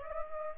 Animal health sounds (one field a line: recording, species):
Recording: mosquito wingbeat signal from an infrared sensor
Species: Aedes aegypti